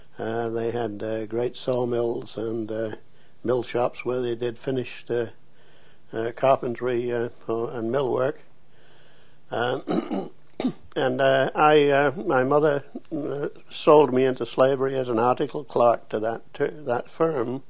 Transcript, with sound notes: and they had great saw mills and uh, mill shops where they did finish their carpentry and mill work. (clears throat) And I -- my mother sold me into slavery as an articled clerk to that t—that firm,